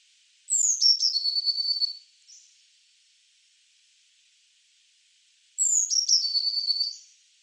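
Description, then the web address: Eurasian blue tit giving two calls about five seconds apart, each a high, descending thin note leading into a buzzy, rattling trill, with a short faint note after the first. "SETE Cyanistes caeruleus"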